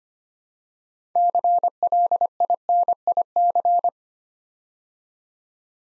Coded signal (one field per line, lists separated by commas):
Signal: Morse code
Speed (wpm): 25 wpm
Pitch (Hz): 700 Hz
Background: none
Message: CLINIC